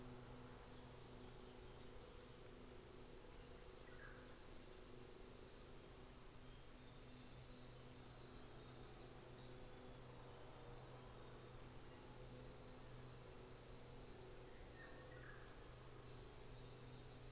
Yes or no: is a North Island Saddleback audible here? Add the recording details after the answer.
no. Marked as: faintness 3/5, faintness 5/5. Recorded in New Zealand on 24 December 2018. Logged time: 13:00